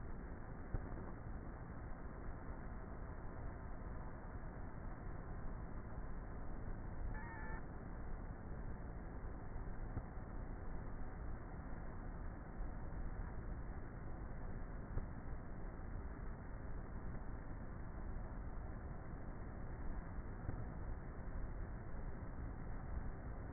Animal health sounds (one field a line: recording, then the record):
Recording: honeybee colony, microphone inside the hive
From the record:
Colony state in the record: queenless with a low population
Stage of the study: before two queens were removed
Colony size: about 30,000 bees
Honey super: no